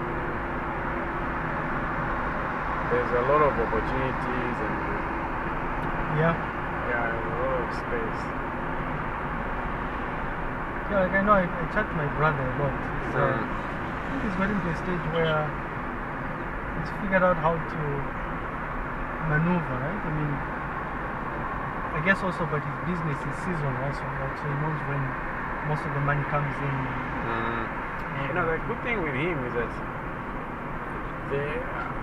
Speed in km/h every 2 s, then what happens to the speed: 58, 59, 59, 60, 60, 61, 60, 58, 56, 55, 53, 52, 52, 50, 51, 50.
0-11 steady at about 59. 11-21 slows to 52. 21-32 steady at about 51.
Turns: none.